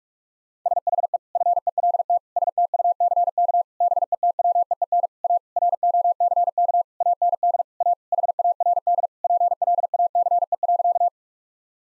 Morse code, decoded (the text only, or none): SHE FELT STUCK BETWEEN A ROCK AND A HARD PLACE.